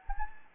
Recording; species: mosquito wingbeat signal from an infrared sensor; Anopheles gambiae